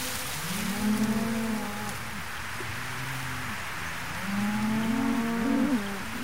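Cattle moo in long, low, drawn-out calls, two main bellows with overlapping lowing between them, over a steady hiss like light rain or wind.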